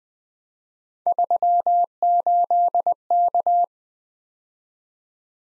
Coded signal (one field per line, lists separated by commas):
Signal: Morse code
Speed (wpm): 18 wpm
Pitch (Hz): 700 Hz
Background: none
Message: 38K